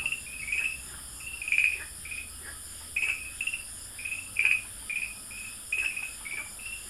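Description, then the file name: Farmland green tree frog: short, high chirps, irregularly spaced, some louder than others. Recorded at Dalin, 30 May 2009. "090530 dalin farmland treefrog"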